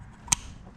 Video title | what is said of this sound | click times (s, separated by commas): Camaro/Oil Catch Can,,Oh No !!!! | plug back in until it snaps do the other | 0.3 s